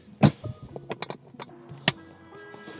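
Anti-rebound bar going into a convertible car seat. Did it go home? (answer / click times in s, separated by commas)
yes / 1.9 s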